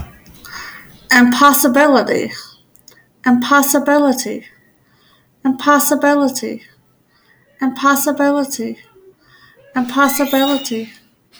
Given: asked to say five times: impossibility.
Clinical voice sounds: repeated word; female; 30 to 39 years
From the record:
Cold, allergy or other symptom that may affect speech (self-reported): no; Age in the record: 36 years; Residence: Kansas, United States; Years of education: 12

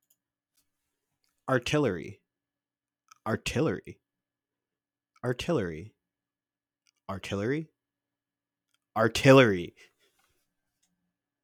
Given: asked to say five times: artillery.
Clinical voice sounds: repeated word; male; 30 to 39 years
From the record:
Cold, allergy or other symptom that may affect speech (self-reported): no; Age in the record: 31 years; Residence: Wisconsin, United States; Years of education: 15

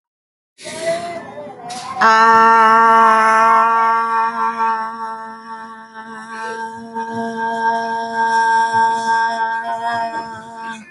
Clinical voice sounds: vowel held as long as possible; female; 40 to 49 years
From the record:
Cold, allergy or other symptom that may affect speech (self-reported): no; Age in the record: 40 years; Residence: North Carolina, United States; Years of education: 20

